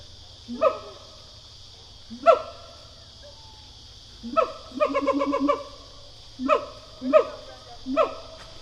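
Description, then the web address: Siamang pair calling, with loud upward-sweeping whoops separated by pauses and a fast stuttering series of barks in the middle, over a constant low hum. "Sound Effects-Foundation. Animal Gibbon Siamang pair call"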